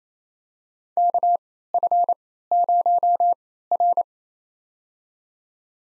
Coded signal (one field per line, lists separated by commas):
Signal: Morse code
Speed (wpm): 28 wpm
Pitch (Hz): 700 Hz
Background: none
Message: KF0R